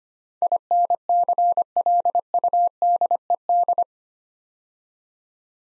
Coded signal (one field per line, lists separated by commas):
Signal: Morse code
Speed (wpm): 25 wpm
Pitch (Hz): 700 Hz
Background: none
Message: INCLUDED